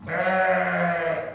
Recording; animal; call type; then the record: contact call of a hoofed animal; sheep; low-frequency (closed-mouth) or high-frequency (open-mouth) call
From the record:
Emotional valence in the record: negative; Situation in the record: short social isolation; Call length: 1.34 s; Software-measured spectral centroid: 1570 Hz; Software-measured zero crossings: 1900 a second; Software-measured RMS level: -24 dBFS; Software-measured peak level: -11 dBFS